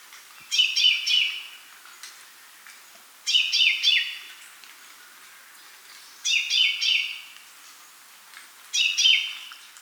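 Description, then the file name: Common chaffinch song: short, bright trilled phrases of rapid notes ending in a downward flourish, given four times, roughly every three seconds. "Fringilla coelebs"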